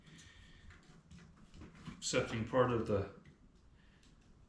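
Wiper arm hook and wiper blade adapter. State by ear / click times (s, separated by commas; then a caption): not seated / none. A windshield wiper arm has been slid through the opening of the blade adapter door, and its hook is being lined up on the plastic accepting part of the wiper blade. Faint handling sounds are heard while someone talks. The hook has not been pulled home, and nothing has clicked into place yet.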